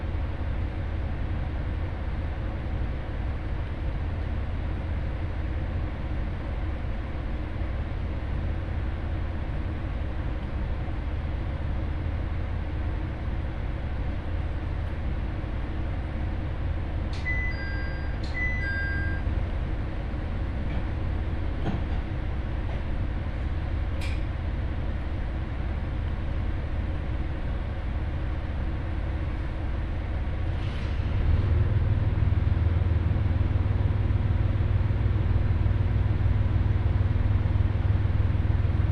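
A train ride on the Ihara Railway, with a steady low rumble of the running carriage throughout. Around 17 to 19 seconds a few short high chimes sound, with scattered clicks near 22 and 24 seconds. From about 31 seconds the rumble grows louder and rougher.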